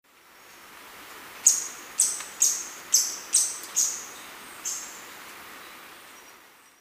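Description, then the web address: Scaly-throated foliage-gleaner giving a series of six sharp, very high clipped notes in quick succession, then one softer note after a pause. Recorded in Ecuador. "Birds of Ecuador Scaly-throated Foliage-gleaner"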